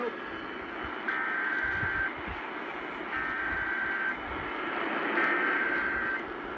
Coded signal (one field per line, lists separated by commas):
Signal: Emergency Alert System (SAME) tones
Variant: header bursts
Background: speech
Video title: FIRST PDS TORR...IN FEBRUARY?! EAS Compilation (2/24/18) (EAS 556-565)